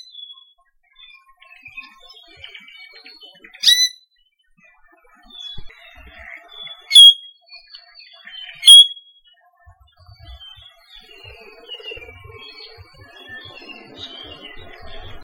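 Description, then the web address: ʻIʻiwi song: scattered creaky, squeaky notes and thin whistles, broken by three loud sharp squeals, with softer chattering notes toward the end. Recorded along Saddle Road, Hawaii. "Saddle Road Birding Songfiles iiwilong"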